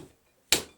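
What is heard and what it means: A neck knife is pushed straight down into its kydex sheath on the second try. It snaps into place over the retention screw with one loud, sharp click at 0.5 s after near silence, and the knife is confirmed seated.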